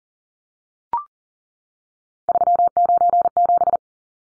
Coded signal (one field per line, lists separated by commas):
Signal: Morse code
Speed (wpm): 40 wpm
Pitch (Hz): 700 Hz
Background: none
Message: 397